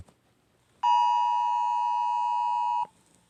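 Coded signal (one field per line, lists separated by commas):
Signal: Emergency Alert System (SAME) tones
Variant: 853 and 960 Hz attention tone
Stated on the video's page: Fictional EAS scenario about a submarine war.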